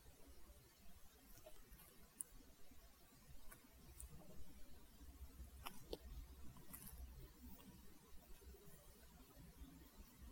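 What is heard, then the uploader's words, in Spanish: Scissors snip in short, crisp clicks, scattered irregularly across the ten seconds, with a quick pair near the middle and a few more toward the end. A low, steady rumble and soft murmur fill the background throughout. Corte de cabello. Muchos sonido de tijeras.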